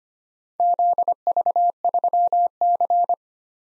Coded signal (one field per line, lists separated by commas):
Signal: Morse code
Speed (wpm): 29 wpm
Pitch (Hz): 700 Hz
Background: none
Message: ZV3C